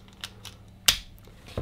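The plastic head holder of a Philips Series 7000 S7370 electric shaver, with all three new shaving heads fitted, is clipped back onto the shaver body. A few faint ticks at about 0.2 s and 0.5 s lead up to one loud, sharp snap at 0.9 s, and a short knock follows at about 1.6 s. The holder is seated on the shaver.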